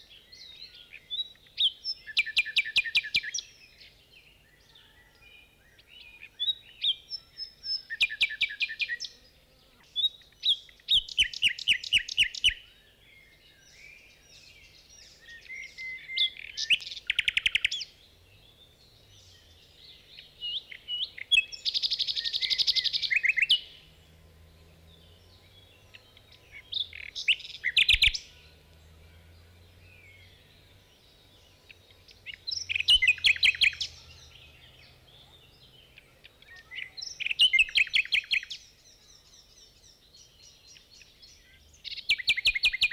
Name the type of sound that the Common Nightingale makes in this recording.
song